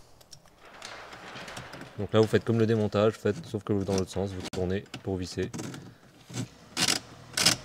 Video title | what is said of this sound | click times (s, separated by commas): Mercedes GLK ajout de l'Apple CarPlay et Android auto | Une fois que vous entendez les clics, c'est que c'est bon. | 6.9 s, 7.4 s